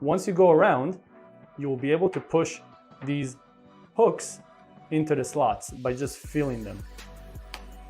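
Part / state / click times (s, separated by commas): ear pad hook into headphone ear cup slot / seated / 7.5 s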